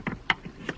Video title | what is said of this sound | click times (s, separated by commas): 2014-2020 Mercedes Benz GLA250 - Rear Dome Light Replacement | and then just push it in and that's your final lock | 0.3 s